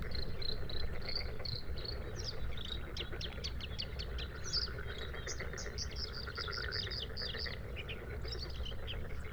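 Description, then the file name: Bluethroat song opening with a string of repeated high notes, then a fast, varied medley of ticks and twitters over a steady background drone. Recorded at Sha Cheng Wetland, Hebei, China, on 5 May 2025 at 06:10; three bursts of song separated by fades. "2025-05-05-0610-Bluethroat- three-bursts-of-song-separated-by-fades-Sha Cheng-Wetland-Hebei"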